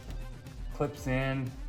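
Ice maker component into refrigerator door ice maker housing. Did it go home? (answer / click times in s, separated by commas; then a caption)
no / none. A plastic ice maker part that only fits one way is being handled into the ice maker housing in the door of a Samsung side-by-side refrigerator, to be pressed until it clips in. Someone talks over background music, and a brief faint tap comes at about 0.1 s. The clip ends before the part goes home, and nothing has seated or clicked yet.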